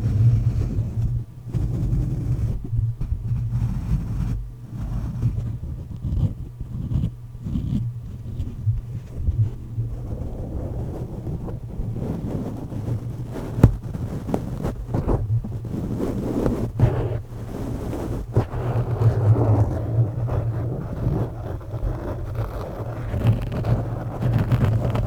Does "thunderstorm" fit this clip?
no